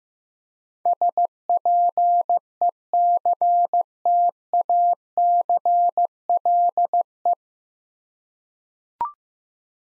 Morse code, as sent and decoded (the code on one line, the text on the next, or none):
... .--. . -.-. - .- -.-. .-.. .
SPECTACLE